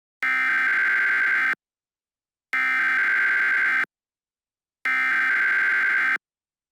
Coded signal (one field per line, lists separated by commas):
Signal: Emergency Alert System (SAME) tones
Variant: header bursts